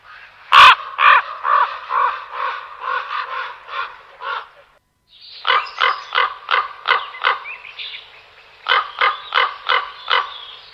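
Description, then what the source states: Northern Raven calling: rapid runs of harsh, hoarse notes repeated in bursts, with a brief pause in the middle and a sharp click near the start. Usually located by its rather distinctive call.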